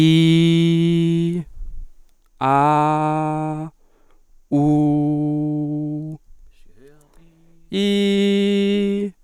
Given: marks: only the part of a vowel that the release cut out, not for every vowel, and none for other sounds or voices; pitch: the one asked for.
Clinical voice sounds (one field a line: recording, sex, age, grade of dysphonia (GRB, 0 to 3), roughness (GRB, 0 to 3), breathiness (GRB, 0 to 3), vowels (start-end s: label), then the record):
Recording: sustained vowels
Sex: male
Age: 20 to 29 years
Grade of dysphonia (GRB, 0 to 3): 0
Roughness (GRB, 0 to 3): 0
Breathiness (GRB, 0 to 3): 0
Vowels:
0.00-1.29 s: vowel /i/, normal pitch
2.52-3.54 s: vowel /a/, normal pitch
4.71-5.93 s: vowel /u/, normal pitch
7.81-8.95 s: vowel /i/, high pitch
From the record:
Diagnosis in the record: healthy voice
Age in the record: 24 years